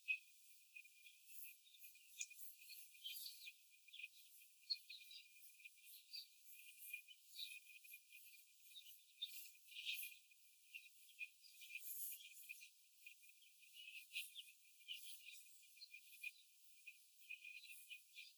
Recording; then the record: young laying hens in a cage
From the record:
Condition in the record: after the stressor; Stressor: simulated dog barking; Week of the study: 4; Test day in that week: 1